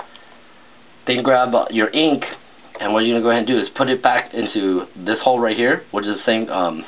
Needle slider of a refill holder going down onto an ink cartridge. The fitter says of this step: push that down to the locks into place they